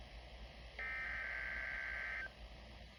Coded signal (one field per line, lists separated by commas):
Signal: Emergency Alert System (SAME) tones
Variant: header bursts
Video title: Required Weekly Test on KHB-32 162.550 mhz 7/30/25 (FIRST EAS!)